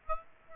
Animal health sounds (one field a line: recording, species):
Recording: mosquito wingbeat signal from an infrared sensor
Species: Aedes aegypti